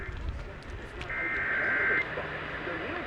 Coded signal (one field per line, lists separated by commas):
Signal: Emergency Alert System (SAME) tones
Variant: header bursts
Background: speech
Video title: ORANGE COUNTY RELAYS! Broadcast Radio & Online Stream EAS: Required Monthly Test (EAS #229-230)